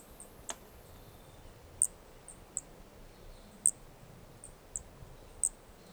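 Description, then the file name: Brachycephalus toadlet: short, squeaky high notes from a Brachycephalus toadlet, about one each second, with faint softer chirps in between and a low hiss. Two individuals (4 and 5) of an unidentified Brachycephalus species recorded at Corcovado; the first two notes of the call sequence were lost. "Brachycephalus sp ind 4 ind 5 Corcovado two starting notes lost"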